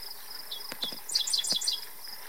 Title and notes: Dickcissel (Spiza americana). The male was singing in the north prairie of Afton State Park, Minnesota on June 30, 2023